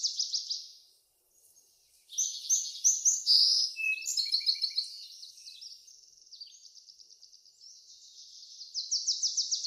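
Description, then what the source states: Birds singing in high, rapid phrases: bright trilled bursts and buzzy notes, a short pause near one second, then dense overlapping chirping and a fast trill at the end. Birds in a backyard; ambient nature sounds.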